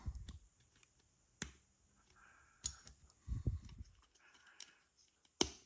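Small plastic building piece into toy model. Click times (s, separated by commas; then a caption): 5.4 s. Small plastic building pieces are pressed in around the gaps of a buildable food toy model, giving scattered light taps and plastic clicks. A sharp, loud click at 5.4 s marks a piece seating into place, a sign the pieces are fitting together well.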